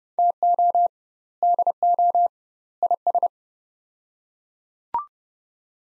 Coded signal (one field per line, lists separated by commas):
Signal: Morse code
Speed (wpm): 31 wpm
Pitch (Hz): 700 Hz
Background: none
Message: TO DO IS